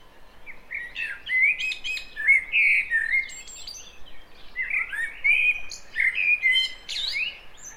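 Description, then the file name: Common blackbird: a series of rich, fluty warbled phrases, some closing with a thin high twitter. "Turdus merula"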